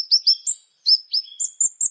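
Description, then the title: Plain prinia song: quick series of high, thin chirped notes, some sweeping and some flat, about eight notes in two seconds with a short pause midway. "Ciblek Sawah"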